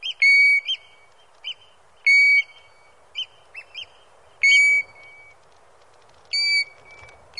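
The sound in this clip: European golden plover calling with flat, pure whistles, longer notes mixed with short chips, at irregular intervals, over a faint background hiss.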